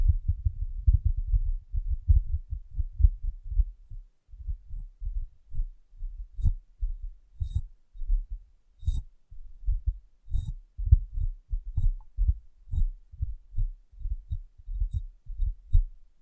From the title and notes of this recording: ASMR Glass Brain Tapping & Cleaning (No Talking).